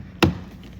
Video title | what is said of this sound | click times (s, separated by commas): Lexus LS430 Door Panel Removal For Speaker Replacement | Yeah. You need to make sure you hear that snap. Now, it's good. | 0.2 s